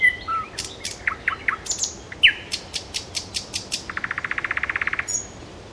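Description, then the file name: Nightingale song: varied notes, then spaced clicking strokes, then a long, fast, even rattle. "solovejj"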